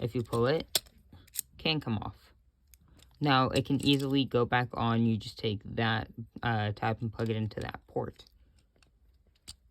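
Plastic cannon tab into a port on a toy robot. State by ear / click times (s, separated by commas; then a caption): seated / 9.5 s. Someone talks about a detachable plastic cannon on a toy robot, then plugs the cannon's tab back into its port. The tab clicks and seats at 9.5 s with a short, sharp click.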